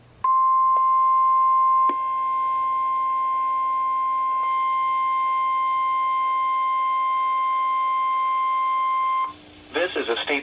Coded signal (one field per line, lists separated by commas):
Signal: Emergency Alert System (SAME) tones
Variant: 1050 Hz attention tone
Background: speech